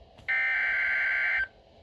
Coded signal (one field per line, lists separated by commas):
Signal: Emergency Alert System (SAME) tones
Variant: header bursts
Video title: Severe Thunderstorm Warning (EAS #28)